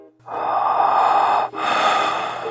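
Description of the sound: Two loud, steady rushing breath-like sounds follow one another over about two seconds, with a faint low hum underneath. These are body sounds picked up by a 3M Littmann Core digital stethoscope with Eko Core technology, enhanced 40 times.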